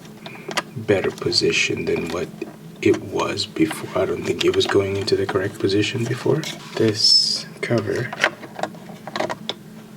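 Someone talks while the plastic gimbal cover is pushed onto the front of a folding DJI Mavic Pro drone, refitted because it had not been going into the correct position before. There are small handling clicks and taps, then a sharp snap at 9.5 s as the cover's tab clicks into place and the cover seats on the drone body.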